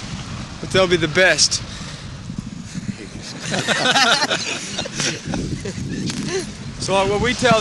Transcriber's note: everyone laughs